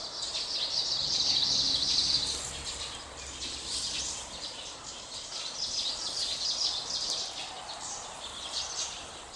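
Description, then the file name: Kamchatka leaf warbler song: a fast, high metallic trill, followed by fainter high notes over background noise. Recorded 20 May 2021. "20210520 オオムシクイ"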